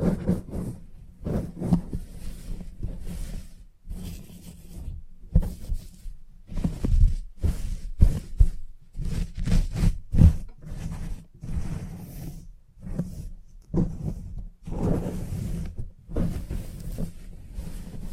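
A salon haircut with a head massage: dense, irregular rustling and rubbing over a steady low hum, broken by short sharp snips every second or so.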